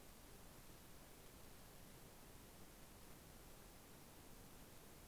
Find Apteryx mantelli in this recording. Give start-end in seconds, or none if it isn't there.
none